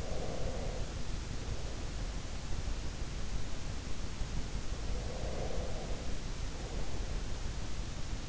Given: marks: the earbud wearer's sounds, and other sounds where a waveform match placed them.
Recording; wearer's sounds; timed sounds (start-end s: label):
sounds in sleep by an in-ear microphone; breath
0.00-2.73 s: breath
5.07-7.41 s: breath